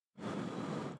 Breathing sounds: one breath near a microphone; exhalation

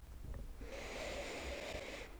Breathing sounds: one breath near a microphone; inhalation

